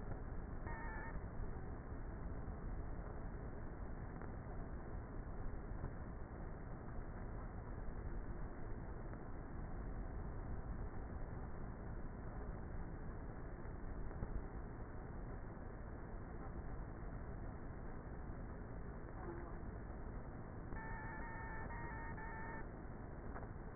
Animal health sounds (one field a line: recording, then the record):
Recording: honeybee colony, microphone inside the hive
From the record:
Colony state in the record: queenless with a low population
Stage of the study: before two queens were removed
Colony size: about 30,000 bees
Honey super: no